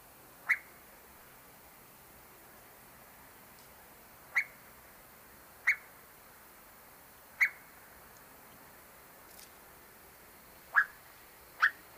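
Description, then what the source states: Eastern Whip-poor-will clucks: six short, sharp isolated notes spaced irregularly over twelve seconds against a steady faint background hiss. Nocturnal bird; gives a variety of standalone cluck-like calls.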